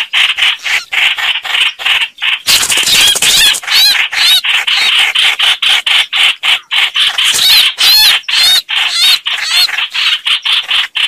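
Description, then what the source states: Red-whiskered bulbul distress calls: rapid, rasping scolding notes, twice mixed with brief wavering, warbled squeals. Distress call, described as crying for help.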